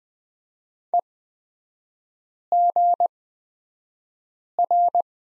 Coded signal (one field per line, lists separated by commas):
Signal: Morse code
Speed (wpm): 20 wpm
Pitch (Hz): 700 Hz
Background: none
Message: EGR